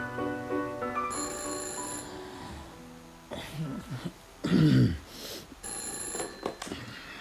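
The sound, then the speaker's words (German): A telephone bell rings in a sustained, high, trilling burst lasting a few seconds, then stops as a person begins speaking. “Da klingelte das Telefon.”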